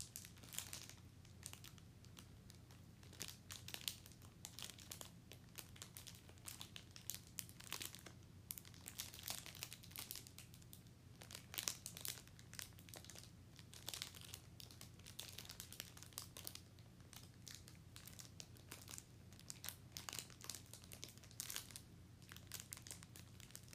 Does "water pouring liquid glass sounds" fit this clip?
no